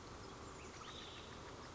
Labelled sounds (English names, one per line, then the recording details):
Olive-sided Flycatcher
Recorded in Sonoma County, California